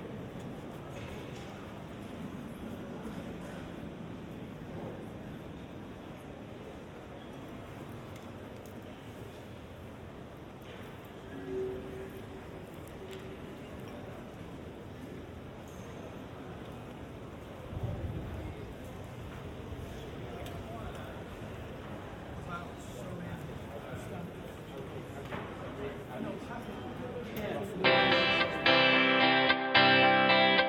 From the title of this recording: In the British Library